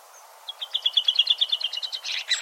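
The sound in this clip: A bird gives a rapid trill of clear high notes, followed by a harsher burst of buzzy notes, over steady background noise.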